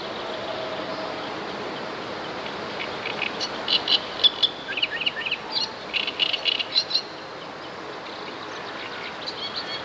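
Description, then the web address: Great reed warbler song: a run of harsh, rhythmic chirring notes repeated rapidly for about four seconds amid a constant low hiss. "wroblowe kolekcja trzciniak"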